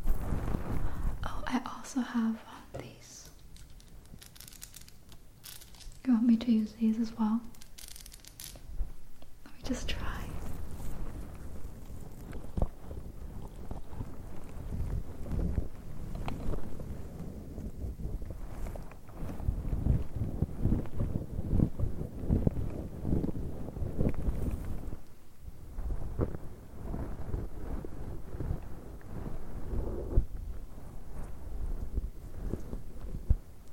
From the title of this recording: Plays with your afro hair and picks your dry scalp